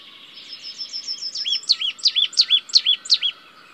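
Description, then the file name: Marsh tit calls: a rapid string of thin, high chips leading into several louder two-part notes, each a sharp high stab dropping to a lower arched note. "Poecile palustris"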